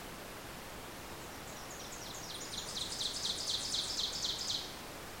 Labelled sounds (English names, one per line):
Ovenbird song